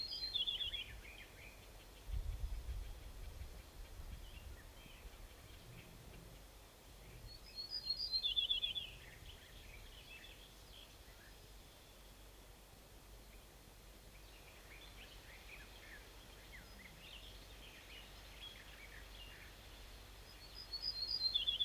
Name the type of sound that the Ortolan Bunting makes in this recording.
song